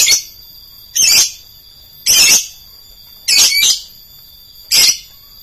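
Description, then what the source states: Lovebird uttering loud, grating, high screeches roughly once a second, one broken into two quick parts. Song style called konslet.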